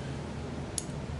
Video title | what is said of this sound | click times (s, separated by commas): Body Piercing Tools What They Are & How They Are Used | if I would clamp this down on somebody hear the click there's three settings | 0.8 s